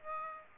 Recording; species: mosquito wingbeat signal from an infrared sensor; Aedes aegypti